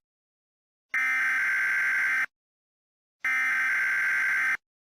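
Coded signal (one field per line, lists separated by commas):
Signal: Emergency Alert System (SAME) tones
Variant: header bursts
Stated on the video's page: Homemade, simulated emergency broadcast alert made for prank videos, using text-to-speech.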